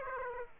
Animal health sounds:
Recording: mosquito wingbeat signal from an infrared sensor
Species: Aedes aegypti

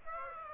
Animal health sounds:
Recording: mosquito wingbeat signal from an infrared sensor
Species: Aedes aegypti

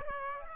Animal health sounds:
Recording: mosquito wingbeat signal from an infrared sensor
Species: Aedes aegypti

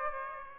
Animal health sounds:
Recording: mosquito wingbeat signal from an infrared sensor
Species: Aedes aegypti

